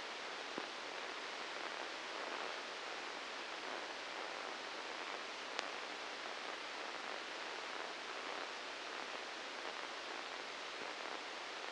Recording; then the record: brain microelectrode recording played as sound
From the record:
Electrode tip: inside the subthalamic nucleus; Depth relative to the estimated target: -1 mm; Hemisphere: left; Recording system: NeuroSet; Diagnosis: Parkinson's disease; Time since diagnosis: 19 years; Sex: female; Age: 69 years